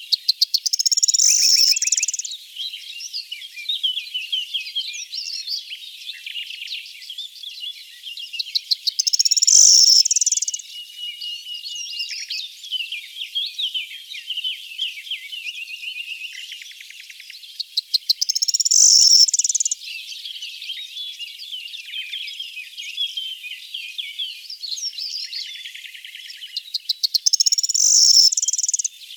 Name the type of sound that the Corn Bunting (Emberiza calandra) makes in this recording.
song